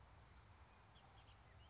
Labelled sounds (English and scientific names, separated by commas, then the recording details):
Bullock's Oriole (Icterus bullockii)
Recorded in Sonoma County, California